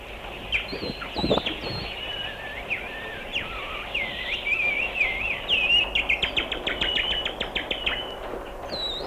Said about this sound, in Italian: E all'improvviso, melodiosissimo, il canto degli uccelli.